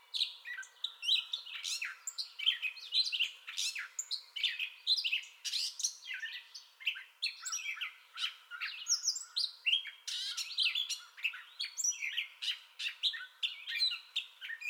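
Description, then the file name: Gray catbird singing a long, rambling run of varied squeaky, mewing and scratchy phrases, delivered almost without pause in quick succession. Song bout, recorded 30 May 2021. "2021-05-30 Gray Catbird Song Bout"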